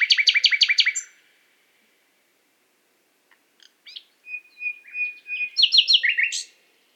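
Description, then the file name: Common nightingale song opening with a fast series of sharp repeated notes, then silence, scattered clicks and a medley of whistles and chatter. "Luscinia megarhynchos"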